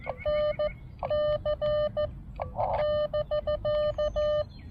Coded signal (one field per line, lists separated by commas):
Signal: Morse code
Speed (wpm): 15 wpm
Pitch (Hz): 590 Hz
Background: none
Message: NC <BK>